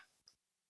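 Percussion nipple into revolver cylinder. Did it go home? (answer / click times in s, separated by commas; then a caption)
yes / 0.3 s. A percussion nipple is turned by hand into the cylinder of a used black powder revolver, where one nipple had been replaced. After a brief soft rustle, a single sharp little click sounds at 0.3 s as the threads catch correctly instead of cross-threading. The click marks thread engagement, not the nipple being fully home.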